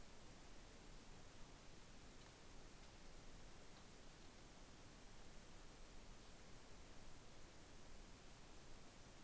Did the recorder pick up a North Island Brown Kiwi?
no